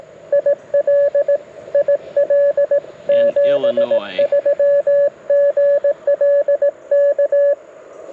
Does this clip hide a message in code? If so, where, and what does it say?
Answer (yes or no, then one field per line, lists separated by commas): yes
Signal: Morse code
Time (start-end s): 0.3-7.5 s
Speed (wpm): 20 wpm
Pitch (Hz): 590 Hz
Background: radio noise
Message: IL IL 73 GL K